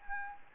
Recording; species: mosquito wingbeat signal from an infrared sensor; Anopheles gambiae